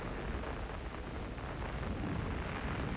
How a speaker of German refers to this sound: So. Übrigens lässt das Gewitter nach.